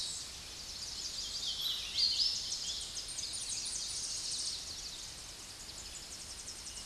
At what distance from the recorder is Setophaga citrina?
about 40 m